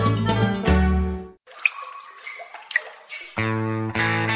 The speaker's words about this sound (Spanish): Repara los grifos. Una gota por segundo son 30 litros de agua perdida al día.